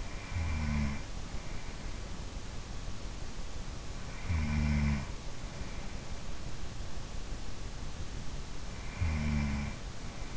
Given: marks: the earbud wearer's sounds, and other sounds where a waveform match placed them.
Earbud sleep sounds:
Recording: sounds in sleep by an in-ear microphone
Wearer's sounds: snoring breath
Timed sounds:
0.00-2.36 s: snoring breath
3.34-5.53 s: snoring breath
8.30-10.37 s: snoring breath

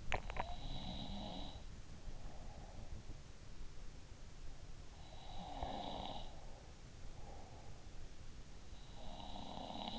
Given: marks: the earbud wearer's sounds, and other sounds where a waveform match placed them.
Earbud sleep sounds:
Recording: sounds in sleep by an in-ear microphone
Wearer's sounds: teeth grinding, breath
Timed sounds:
0.00-0.62 s: teeth grinding
0.00-2.96 s: sound from someone else or the room
4.75-6.88 s: sound from someone else or the room
7.09-8.07 s: breath
8.83-9.99 s: sound from someone else or the room

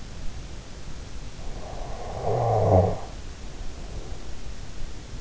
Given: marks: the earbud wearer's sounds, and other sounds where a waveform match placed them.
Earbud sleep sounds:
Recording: sounds in sleep by an in-ear microphone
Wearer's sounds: snoring breath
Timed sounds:
1.43-3.53 s: snoring breath

